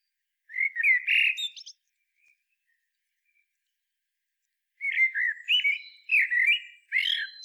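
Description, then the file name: Common blackbird song: a warbled, fluty phrase ending in high twitters, a long pause, then three further mellow whistled phrases with squeaky flourishes. "Turdus merula"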